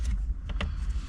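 A WolfBox backup camera cable's plug is pushed into the GPS camera port on a head unit, with two quick sharp hits at 0.5 s and 0.6 s over a low steady hum. The plug is confirmed fully seated, even though some metal still shows.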